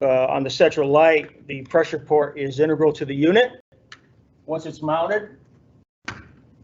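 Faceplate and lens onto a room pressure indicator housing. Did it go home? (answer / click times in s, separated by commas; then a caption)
yes / 6.1 s. A plastic faceplate and lens are pressed onto a wall-mounted room pressure indicator housing with no hardware. Someone talks, then after a quiet stretch a single sharp snap is heard at 6.1 s as the faceplate and lens seat into place.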